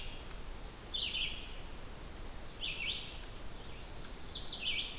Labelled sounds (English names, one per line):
Red-eyed Vireo song